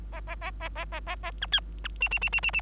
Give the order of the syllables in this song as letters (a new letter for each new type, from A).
A A A A A A A A B C B D D D D D D